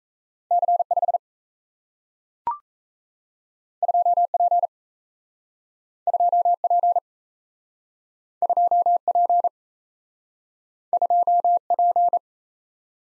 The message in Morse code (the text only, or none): C5 2P 2P 2P 2P